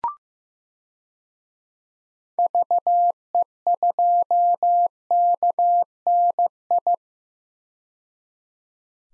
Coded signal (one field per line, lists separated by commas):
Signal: Morse code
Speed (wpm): 15 wpm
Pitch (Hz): 700 Hz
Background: none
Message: VE2KNI